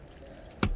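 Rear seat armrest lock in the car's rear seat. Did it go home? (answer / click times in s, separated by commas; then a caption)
yes / 0.6 s. The rear seat armrest lock in the rear seat of a Suzuki XL7 Beta M/T is moved and engages with one sharp click at 0.6 s against a quiet cabin background. The armrest latch clicks into place and is seated.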